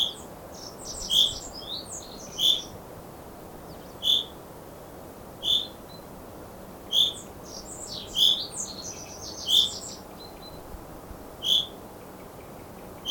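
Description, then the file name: Common chaffinch call: a sharp, high single note repeated irregularly about every one to two seconds over constant low background noise. "Fringilla coelebs"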